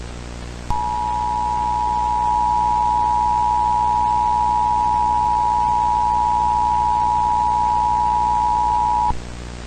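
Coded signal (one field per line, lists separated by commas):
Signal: Emergency Alert System (SAME) tones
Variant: 853 and 960 Hz attention tone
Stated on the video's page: Fictional EAS scenario.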